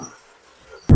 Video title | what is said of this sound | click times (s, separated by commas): ₹2950 ரூ washing machine உடனே வாங்கி போடுங்க‼️Devi lakshmi Washing Machine Coimbatore-Manufacturer | உங்களுக்கு பாத்தீங்கன்னா அத ஆட்டோமேட்டிக்கா வந்து லாக் வந்து லாக் ஆகி | 0.9 s